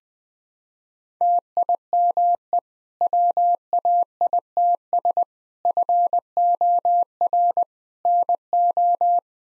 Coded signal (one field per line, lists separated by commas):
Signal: Morse code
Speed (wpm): 20 wpm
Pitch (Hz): 700 Hz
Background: none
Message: TIME WAITS FOR NO